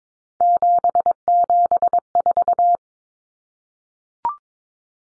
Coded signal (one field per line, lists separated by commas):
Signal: Morse code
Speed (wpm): 22 wpm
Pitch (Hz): 700 Hz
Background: none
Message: 774